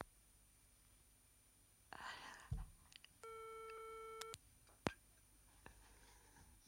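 At night, a telephone busy tone sounds as one steady, buzzy electronic hum lasting about a second, preceded by soft breathy whispering and rustling and followed by a couple of sharp clicks.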